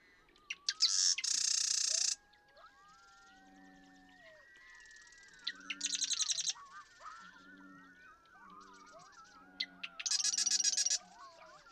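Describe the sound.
Marsh Wren gives three mechanical rattling trills, each led by clicks, while other birds whistle slurred rising and falling notes and low soft notes sound in the background.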